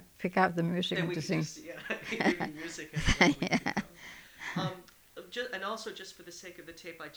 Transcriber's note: they laugh